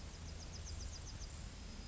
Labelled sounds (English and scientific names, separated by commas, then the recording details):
Yellowhammer (Emberiza citrinella) song
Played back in forest
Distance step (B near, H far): G
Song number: 012